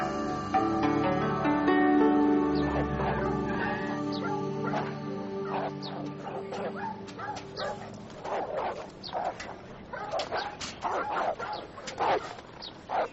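Dogs whine with high, drawn-out cries at first, then break into a rapid, overlapping burst of sharp barks and yelps that grows busier toward the end.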